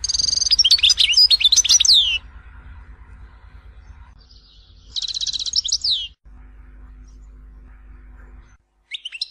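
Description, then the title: European goldfinch song: a rapid burst of tinkling, twittering notes for two seconds, quiet pause with low hum, then another liquid twittering phrase and a brief final note. "Chant Chardonneret"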